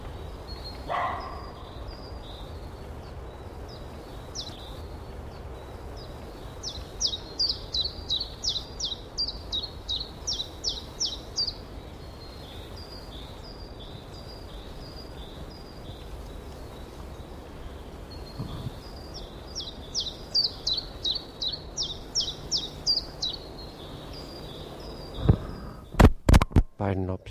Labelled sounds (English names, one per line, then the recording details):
Common Chiffchaff song
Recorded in the wild
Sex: male
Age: adult
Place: Mühlenbecker Land, OT Summt, Brandenburg, DE
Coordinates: 52.6928, 13.3581
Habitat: forest
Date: 1988-04-03 12:48
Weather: hazy, 8°C
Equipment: Nagra SN, Kopie Tesla B 116
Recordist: Tembrock, Günter